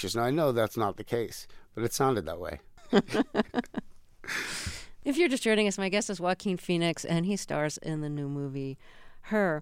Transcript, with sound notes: Now, I know that's not the case, but it sounded that way.
(LAUGHTER)
If you're just joining us, my guest is Joaquin Phoenix, and he stars in the new movie "Her."